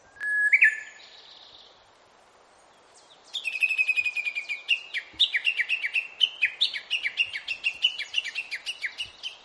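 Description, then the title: Bird song: a short whistled phrase, a pause, then a long run of quick bright chirped notes, roughly four per second. "pajaros2"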